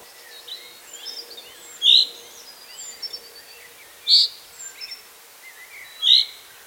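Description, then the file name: Common chaffinch calls: a loud, short, bright note repeated three times at roughly two-second intervals, with soft twittering behind. "Fringilla coelebs"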